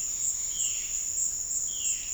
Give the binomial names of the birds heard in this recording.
Cyanocorax violaceus